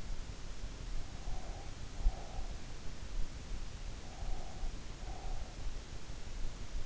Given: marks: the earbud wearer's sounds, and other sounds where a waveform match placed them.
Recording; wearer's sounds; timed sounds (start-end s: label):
sounds in sleep by an in-ear microphone; breath
1.31-2.83 s: breath
4.00-5.90 s: breath